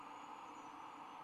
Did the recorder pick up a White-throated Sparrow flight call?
no